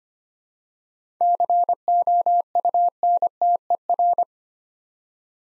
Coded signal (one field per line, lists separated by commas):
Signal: Morse code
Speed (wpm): 26 wpm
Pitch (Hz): 700 Hz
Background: none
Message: COUNTER